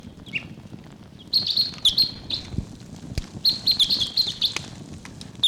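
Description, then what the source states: Red Crossbill calls: a faint note early, then loud repeated notes in rapid bursts from about 1.3 seconds onward. Type 6; a wild bird calls in the distance, then decoy bird 749; decoys excited; about 1:55 p.m., October 11; birds unseen, possibly foraging nearby.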